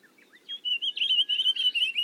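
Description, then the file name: Pine grosbeak singing a rapid run of sweet, wavering warbled notes after a few faint chirps, with a constant low hum underneath. Recorded in Kamikawa on 1 July 2007. "ginzanmashiko kamikawa hanada"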